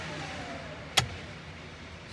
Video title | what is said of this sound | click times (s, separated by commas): 2018 to 2022 honda accord custom steering wheel install | push in you'll hear a click | 1.0 s